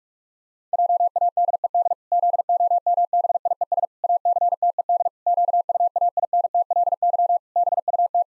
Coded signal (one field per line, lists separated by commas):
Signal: Morse code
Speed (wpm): 46 wpm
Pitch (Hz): 700 Hz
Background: none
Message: JADED ZOMBIES ACTED QUAINTLY BUT